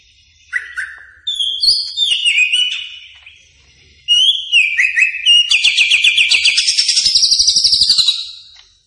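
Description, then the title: Greater green leafbird song: varied slurred whistles and chirps leading into a long, rapid, buzzy trill that fades at the end. Singing actively ('gacor'). "Cucak Ijo Gacor"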